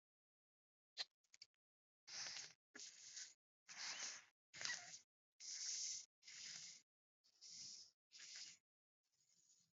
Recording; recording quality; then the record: shallow breathing; excellent, no background noise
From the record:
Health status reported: COVID-19 positive, mild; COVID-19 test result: positive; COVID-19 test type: rapid antigen test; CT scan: not taken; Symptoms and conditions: cough, cold, breathing difficulty, sore throat, fever, fatigue, muscle pain, diarrhoea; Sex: female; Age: 21 years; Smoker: no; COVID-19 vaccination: both doses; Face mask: not worn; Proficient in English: yes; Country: India